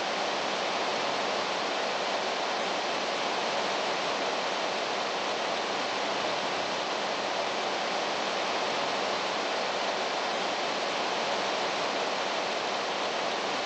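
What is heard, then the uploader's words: A waterfall roars in a steady, dense rush of water with no pauses or changes across the whole clip. The sound is full and hissing, weighted toward the middle and upper range with little deep rumble. Waterfall.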